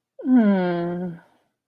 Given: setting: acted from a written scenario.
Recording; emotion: vocal sound without words; sympathy